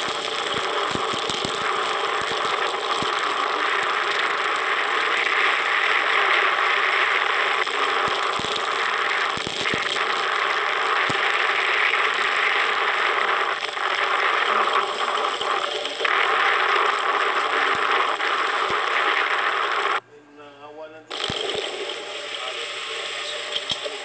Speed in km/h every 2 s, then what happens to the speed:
21, 20, 22, 21, 23, 24, 23, 21, 20, 19, 10, 7.
0-11 steady at about 21. 11-24 slows to 7.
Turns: none.